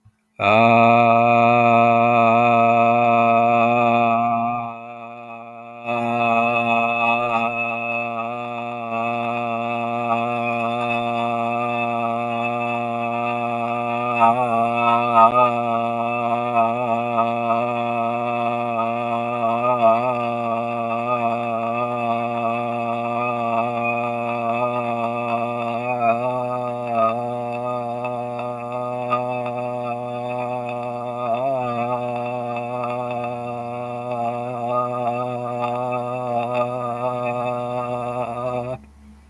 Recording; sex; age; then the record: vowel held as long as possible; male; 30 to 39 years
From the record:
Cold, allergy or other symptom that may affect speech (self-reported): no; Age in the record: 39 years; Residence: Pennsylvania, United States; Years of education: 16